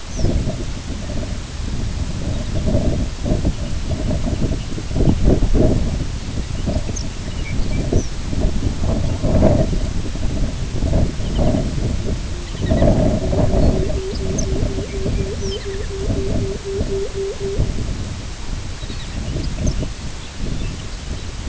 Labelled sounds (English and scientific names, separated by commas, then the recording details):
Lapland Longspur (Calcarius lapponicus), unidentified sound, Pectoral Sandpiper (Calidris melanotos)
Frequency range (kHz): Lapland Longspur (Calcarius lapponicus) 1.9-7.1 kHz; Pectoral Sandpiper (Calidris melanotos) 0.2-0.9 kHz
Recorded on Arctic tundra, site IGLO-B, on 22 June 2018
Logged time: 21:59